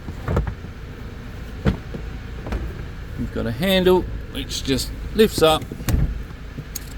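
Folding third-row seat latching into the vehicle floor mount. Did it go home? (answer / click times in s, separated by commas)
yes / 6.8 s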